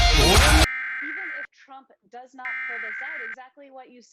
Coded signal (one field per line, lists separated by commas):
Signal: Emergency Alert System (SAME) tones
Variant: header bursts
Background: speech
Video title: Emergency Alert System Monthly Test November 2020 Recorded - SIX FM stations at once (plus bonus TV)